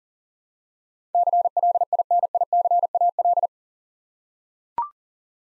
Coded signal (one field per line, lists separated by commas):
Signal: Morse code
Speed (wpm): 40 wpm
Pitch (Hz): 700 Hz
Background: none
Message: CLINICAL